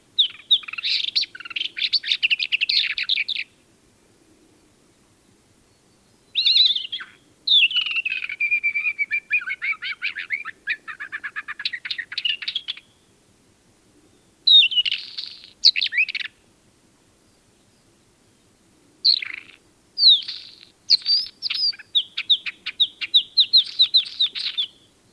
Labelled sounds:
Isabelline Wheatear song
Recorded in the wild
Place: Wüste Gobi, MN
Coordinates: 42.795, 105.032
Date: 1979-06-01 04:50
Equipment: Nagra III BH, Sennheiser MD 21, parabola
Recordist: Schubert, Michael
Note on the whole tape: Spontangesang Isabellsteinschmätzer

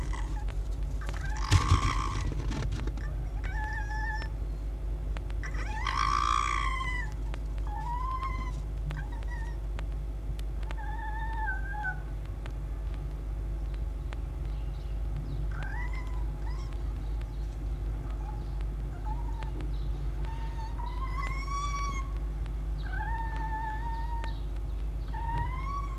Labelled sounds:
Red Fox
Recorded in captivity
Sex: male
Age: adult
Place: Zoologisches Institut der HUB, Berlin, DE
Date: 1956-02-21 10:30
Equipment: Elmetra
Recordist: Tembrock, Günter

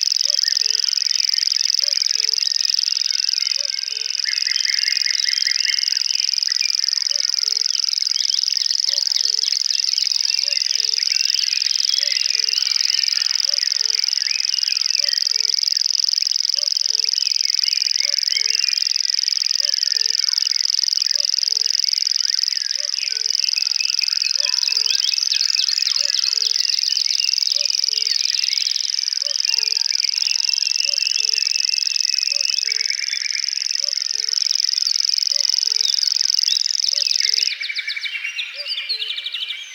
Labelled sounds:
Common Grasshopper Warbler song
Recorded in the wild
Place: Waltershofen / Freiburg im Breisgau, Baden-Württemberg, DE
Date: 1977-05-20
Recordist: Schwarz, Dieter

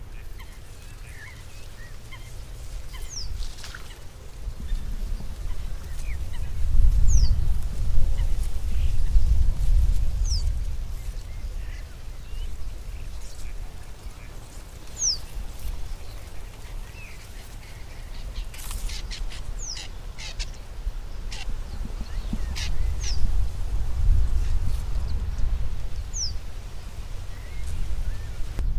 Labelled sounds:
Reed Bunting
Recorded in the wild
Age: adult
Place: Hobrechtsfelder Rieselfelder, Naturpark Barnim, Berlin, DE
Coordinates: 52.6681, 13.4714
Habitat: lake
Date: 2012-04-25 20:10
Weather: 10°C, sunny, weak winds
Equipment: Sound Devices 702, Sennheiser MKH 415 T, Rhode Windschutz
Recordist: Frommolt, Karl-Heinz

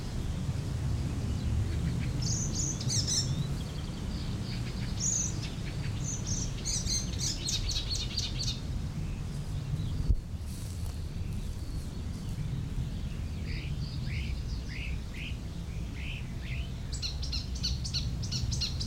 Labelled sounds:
Icterine Warbler
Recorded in the wild
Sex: male
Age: adult
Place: Blankenfelde, Tegeler Fließ, Berlin, DE
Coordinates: 52.645, 13.395
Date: 1992-05-30 12:13
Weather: sonnig, heiter bis wolkig, 20-24°C, böiger Wind
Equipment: Marantz CP 430, Sennheiser ME 80, K 30 AV, Kopie Tesla B 116
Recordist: Tembrock, Günter
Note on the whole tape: Wäldchen am Standrohr

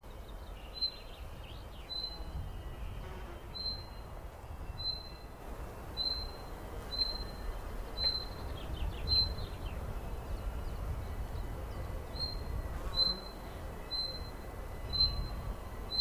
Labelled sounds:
Common Chaffinch call
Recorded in the wild
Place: Brand, Alpen, Vorarlberg, AT
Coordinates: 47.0839, 9.70417
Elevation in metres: 1604
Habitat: coniferous forest
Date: 2010-07-20 12:20
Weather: sunny, 20°C, weak winds
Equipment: Sound Devices 702, Sennheiser MKH 70, Rycote Windschutz
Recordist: Frommolt, Karl-Heinz

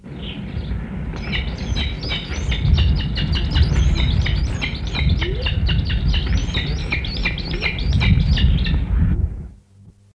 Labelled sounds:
Wahlberg's Eagle call
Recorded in captivity
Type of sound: call
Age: adult
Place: Tierpark Berlin, Berlin, DE
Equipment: Halbspur, 9,5 cm/s
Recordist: Lütgens, Hans
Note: Rufe

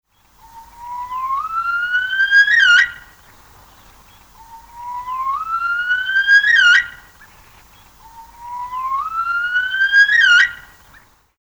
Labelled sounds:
Himalayan Snowcock
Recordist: Tembrock, Günter
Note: Langlaut

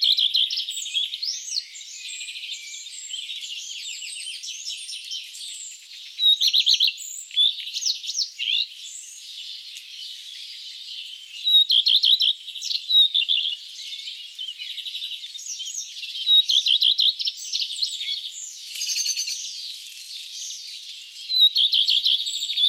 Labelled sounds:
Common Redstart song
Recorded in the wild
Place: Ihringen am Kaiserstuhl, Baden-Württemberg, DE
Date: 2008-04-28
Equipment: MiniDisc Sharp MT 20 H
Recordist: Schwarz, Dieter
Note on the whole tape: Song

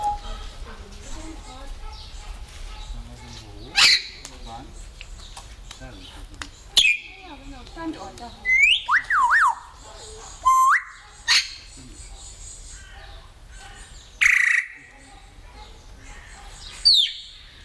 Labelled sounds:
Grey Parrot call
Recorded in captivity
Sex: group
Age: adult
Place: Tierpark Berlin, Berlin, DE
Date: 1997-06-28 18:00
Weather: 25°C, heiter
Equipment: Sony MD-WM MZ-R3, Sennheiser MKH 416 T, Kopie Uher 4000 Report Monitor
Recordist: Tembrock, Günter

